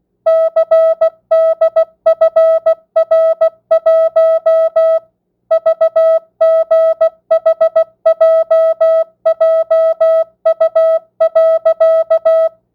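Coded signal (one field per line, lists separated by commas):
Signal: Morse code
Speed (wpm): 16 wpm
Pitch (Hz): 650 Hz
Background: music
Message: CDFR1 VGHJJU.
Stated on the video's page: Morse receiving practice at 16 wpm, non-Farnsworth, with variable word length.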